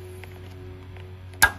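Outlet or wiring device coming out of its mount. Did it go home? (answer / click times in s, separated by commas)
released / 1.4 s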